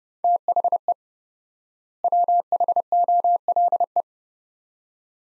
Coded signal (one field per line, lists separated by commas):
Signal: Morse code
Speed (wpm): 30 wpm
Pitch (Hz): 700 Hz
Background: none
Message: THE WHOLE